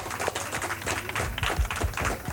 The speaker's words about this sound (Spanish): Un aplauso fuerte, por favor, para estos niños y niñas.